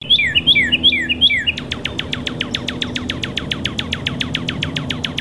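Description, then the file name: Cardinal song opening with four pairs of falling whistled notes, then switching to a long rapid series of crisp downward-sweeping notes. "burung kardinal omkicau"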